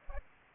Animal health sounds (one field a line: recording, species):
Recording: mosquito wingbeat signal from an infrared sensor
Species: Aedes aegypti